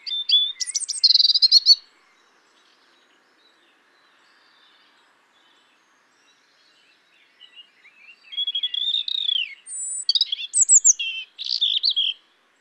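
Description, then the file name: European robin singing: a fast, sparkling high phrase, several seconds of silence, then a longer warbled phrase of thin whistles and rapid trills. "Erithacus rubecula"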